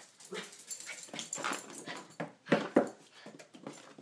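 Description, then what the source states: Dog giving a rapid, irregular run of excited yips and whimpers, with two louder sharp yelps past the middle. Described as excited.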